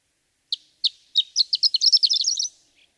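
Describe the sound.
Horned lark song in a single high phrase: a few spaced tinkling notes accelerating into a rapid, jingling jumble about two seconds long.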